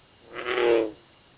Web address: Frog Lithobates Catesbeianus